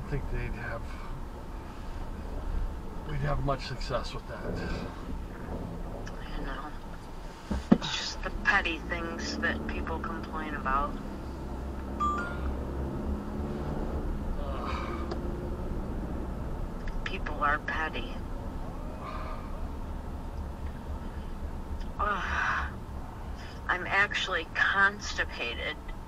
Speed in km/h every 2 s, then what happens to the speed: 19, 13, 8, 0, 15, 23, 35, 40, 40, 35, 29, 23, 13.
0-5 brakes to 0. 6-16 pulls away to 40. 16-26 slows to 13.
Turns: 6-11.